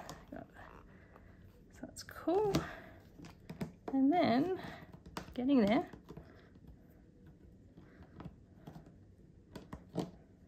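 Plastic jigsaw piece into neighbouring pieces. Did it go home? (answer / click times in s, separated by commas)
partly / 9.7 s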